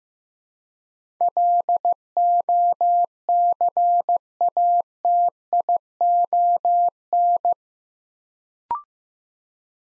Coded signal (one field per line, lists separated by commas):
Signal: Morse code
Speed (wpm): 15 wpm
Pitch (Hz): 700 Hz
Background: none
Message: LOCATION